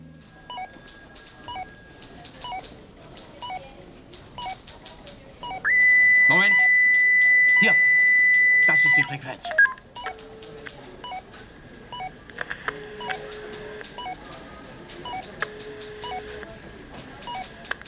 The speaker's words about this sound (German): Wir setzten uns hin. Wenig später begann es zu piepsen und der Polizist suchte die Frequenzen ab.